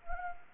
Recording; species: mosquito wingbeat signal from an infrared sensor; Anopheles gambiae